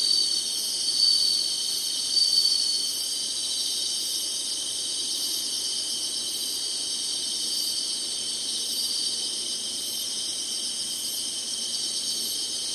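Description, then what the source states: Insect chorus, shrill and running on without pause, a bright steady hum with a few louder notes near the start. Singing insects in summer.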